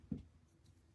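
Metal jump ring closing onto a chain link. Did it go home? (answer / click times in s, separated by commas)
no / none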